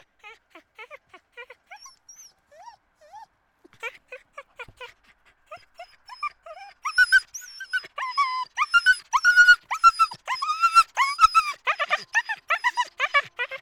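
Dogs yelping and whimpering: soft short whines for several seconds, then louder, rapid overlapping high yelps building toward the end.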